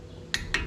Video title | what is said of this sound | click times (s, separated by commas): How to Change Front Wheel Bearings and Brakes in a 1994 Ford F-350 4x4 | You can hear the click. | 0.3 s